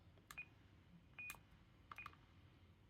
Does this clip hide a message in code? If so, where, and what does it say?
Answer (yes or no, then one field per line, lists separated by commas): no